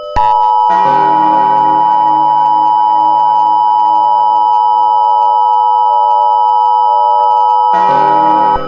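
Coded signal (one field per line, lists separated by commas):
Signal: Emergency Alert System (SAME) tones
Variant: 853 and 960 Hz attention tone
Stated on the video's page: EAS mini scenario, a recreation based on another scenario, involving a presidential alert.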